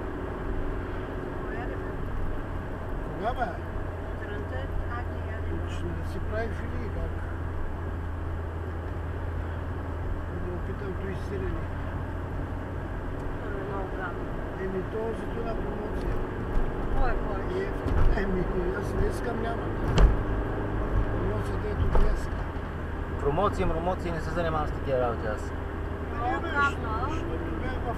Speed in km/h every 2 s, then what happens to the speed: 67, 66, 64, 63, 62, 64, 67, 69, 71, 76, 77, 79, 76, 76.
0-8 steady at about 64. 8-20 speeds up to 77. 20-28 steady at about 76.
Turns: none.